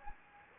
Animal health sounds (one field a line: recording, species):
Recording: mosquito wingbeat signal from an infrared sensor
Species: Anopheles gambiae